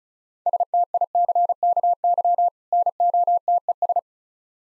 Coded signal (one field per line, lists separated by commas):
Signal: Morse code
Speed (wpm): 36 wpm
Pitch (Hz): 700 Hz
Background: none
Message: STICKY NOTES